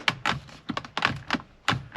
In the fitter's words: And then just give it a push. You'll hear it snap in place.